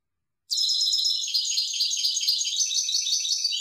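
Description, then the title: European goldfinch song, a sustained stream of quick, tinkling twitters and buzzy notes starting after half a second and running to the end. "Chant Chardonneret"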